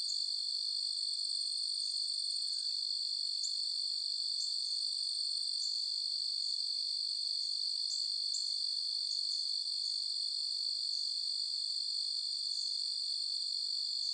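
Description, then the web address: Crickets chirping, a continuous high, shrill trill that stays steady throughout. Forest nature ambience with crickets and other insects. "SFXBible ambience-nature-forest-birds-crickets-insects"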